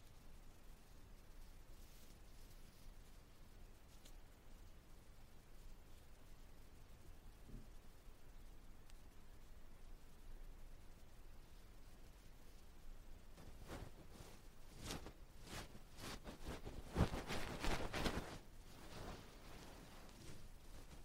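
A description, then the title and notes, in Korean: Ear touching and brushing, with dust being swept off the ear. For the first thirteen seconds there is only a faint, soft rustle. Then dense, scratchy brushing strokes come in quick bursts, loudest around seventeen to eighteen seconds, before easing back to quiet rubbing. No talking 말없이 귀에 먼지 털어내기 ear touching sound.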